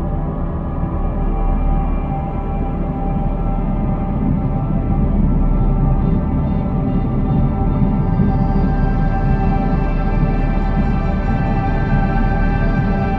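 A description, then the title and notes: Deep underwater-style music rumbles low and steady, with sustained tones stacked in dense layers and no distinct beats. The sound stays murky and dark, with a faint airy shimmer creeping in from about eight seconds onward, while the loudness holds nearly constant. Relaxing Music With Deep Sea Underwater Sounds For Sleeping.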